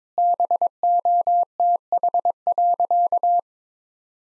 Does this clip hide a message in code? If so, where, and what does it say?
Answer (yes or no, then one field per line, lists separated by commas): yes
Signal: Morse code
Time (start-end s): 0.2-3.4 s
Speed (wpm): 22 wpm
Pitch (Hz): 700 Hz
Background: none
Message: BOTH.